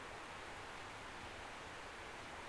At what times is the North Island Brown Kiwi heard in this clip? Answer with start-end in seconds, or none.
none